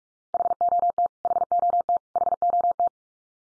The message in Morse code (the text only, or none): HOT HOT HOT